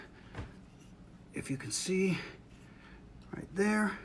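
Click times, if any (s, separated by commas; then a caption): none. An AR-15 trigger guard is handled as its second side is lined up against the rifle lower receiver before being pushed in, with soft handling noises while someone talks. Nothing has seated or clicked yet.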